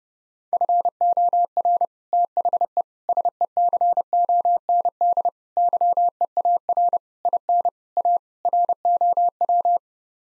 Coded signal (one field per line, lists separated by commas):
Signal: Morse code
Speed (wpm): 30 wpm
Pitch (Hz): 700 Hz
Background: none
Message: FOR THE SECOND YEAR IN A ROW